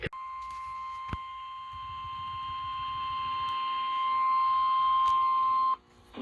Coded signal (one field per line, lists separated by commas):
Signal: Emergency Alert System (SAME) tones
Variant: 1050 Hz attention tone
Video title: (READ DESC) Alerts of the Week: S1 Ep 8: Week of 10/4/21 (Old EAS 399-417)